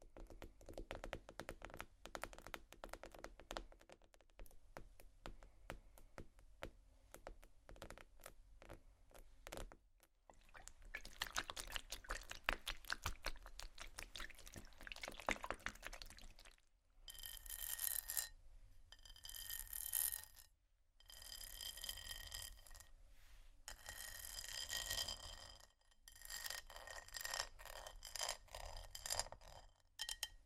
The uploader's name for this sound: tapping, water, scratching, glass, bamboo